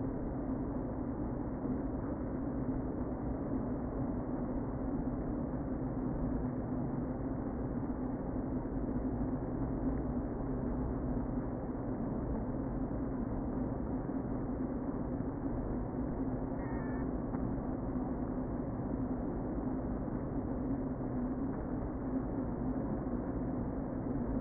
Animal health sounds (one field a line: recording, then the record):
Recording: honeybee colony, microphone inside the hive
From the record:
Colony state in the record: queen present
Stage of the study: before two queens were removed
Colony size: about 60,000 bees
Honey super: yes